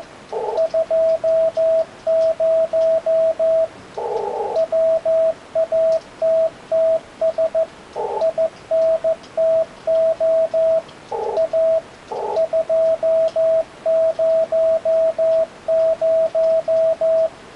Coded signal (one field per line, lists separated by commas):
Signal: Morse code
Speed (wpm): 14 wpm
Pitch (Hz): 650 Hz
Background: radio noise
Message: 20 WATTS INTO A 200